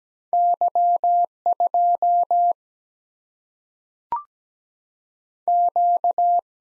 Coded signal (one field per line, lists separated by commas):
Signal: Morse code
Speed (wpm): 17 wpm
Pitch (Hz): 700 Hz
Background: none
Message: Y 2 Q